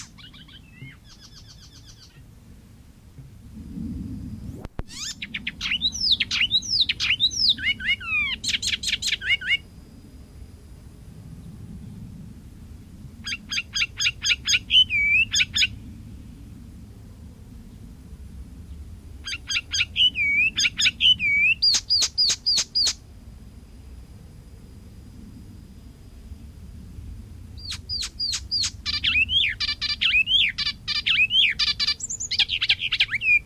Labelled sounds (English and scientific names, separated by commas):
Icterine Warbler (Hippolais icterina) song